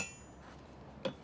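A new windshield wiper blade is slid onto the wiper arm of a 100 Series Land Cruiser / LX470 and pushed until its adapter mates inside. A sharp click sounds at 1.0 s, followed by a fainter tap at 1.2 s over a quiet background, and the blade is seated on the arm.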